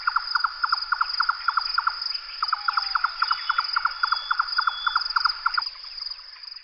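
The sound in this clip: Bird calls: a rapid, even series of short clipped notes, several per second, pausing briefly midway, with a constant high insect-like whine throughout.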